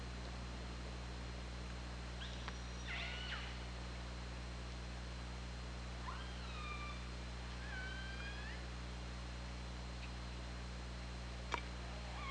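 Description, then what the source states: Killer whale calls, a few faint harmonic calls scattered across a steady low hum, with one sharp click near the end. Recorded on the OrcaLab hydrophone, 24 August 2017 at 21:38:47.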